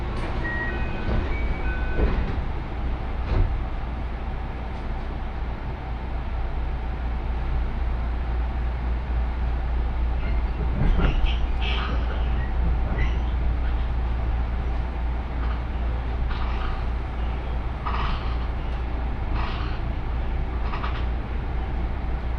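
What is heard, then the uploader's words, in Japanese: Riding an Osaka Loop Line train, the cabin fills with a steady low rumble and hum that holds level throughout. Short clicks and clacks from the rails punctuate it every second or two, with brief squeals and faint voices scattered in the background. 耳で楽しむ鉄道旅 ＪＲ難波→新今宮→京橋→鴫野。大阪環状線の内回り電車に乗り換えて京橋に向かいます。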